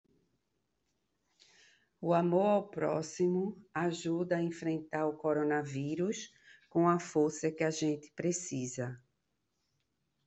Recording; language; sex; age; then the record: spoken sentence; Brazilian Portuguese; female; 50 to 59 years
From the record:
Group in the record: control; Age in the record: 59 years